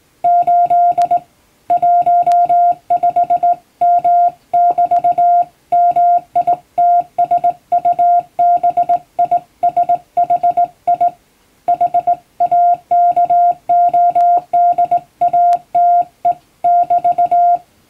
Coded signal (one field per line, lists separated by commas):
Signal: Morse code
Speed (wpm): 20 wpm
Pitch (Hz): 700 Hz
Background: music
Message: 8 15M<BT>MITSUBISHI HAKODATE<BT>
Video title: 【Radio operator morse practice】This is a Morse code practice video. There is a morse exam in japan.